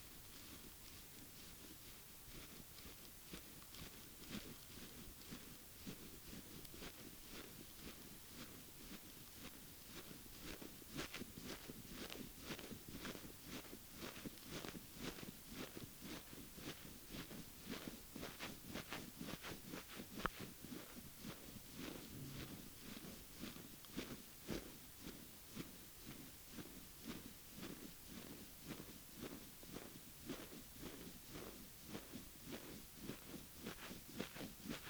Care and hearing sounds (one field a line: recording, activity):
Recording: daily activity, guitar pickup as the sensor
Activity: brush teeth